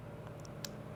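On an LED headlight bulb for a 2014–2021 Tundra, the fan/heat-sink body is twisted counterclockwise to free the twist-lock mounting collar, which is then slid off. After faint ticks at 0.3 s and 0.5 s, a sharp click at 0.6 s marks the collar releasing over a steady low hum.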